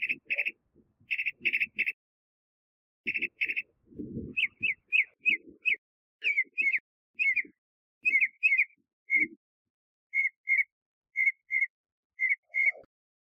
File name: Mimus polyglottos